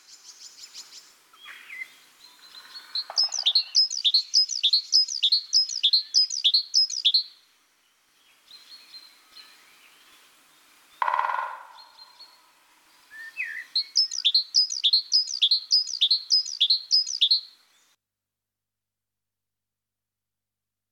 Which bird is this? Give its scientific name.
Parus major